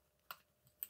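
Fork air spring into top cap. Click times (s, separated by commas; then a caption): 0.8 s. A 2019 FOX Factory Series 36 FLOAT GRIP2 fork's air spring is pushed into the fork's top cap. A faint tick at 0.3 s and a softer one at 0.7 s are followed by a sharp, bright click at 0.8 s as the air spring clicks into place, seated in the top cap.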